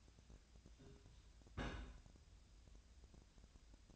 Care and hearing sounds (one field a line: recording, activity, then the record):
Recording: daily activity, microphone in the room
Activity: place on stove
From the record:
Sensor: 2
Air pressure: 1009.8 hPa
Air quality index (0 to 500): 180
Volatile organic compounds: 10 ppm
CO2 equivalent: 2253 ppm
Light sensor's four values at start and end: 31/78/33/37 and 31/78/33/37